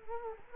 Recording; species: mosquito wingbeat signal from an infrared sensor; Culex quinquefasciatus